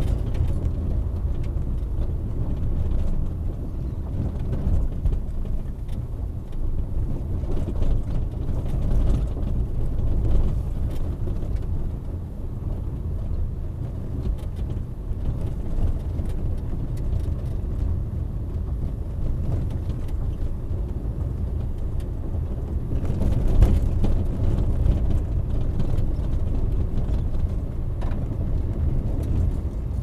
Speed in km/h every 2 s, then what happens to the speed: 22, 18, 16, 17, 17, 19, 21, 21, 23, 23, 22, 22, 22, 24, 25.
0-5 slows to 16. 5-30 speeds up to 25.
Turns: none.